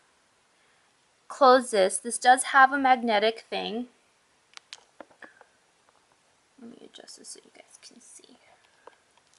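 An iPad is handled near a ZAGGKeys ProPlus aluminium magnetic keyboard case while someone talks, followed by a few small handling taps and soft rustling. Nothing has seated or snapped shut yet.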